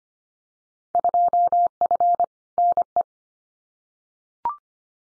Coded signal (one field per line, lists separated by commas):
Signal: Morse code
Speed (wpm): 25 wpm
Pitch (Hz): 700 Hz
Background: none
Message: 2F NE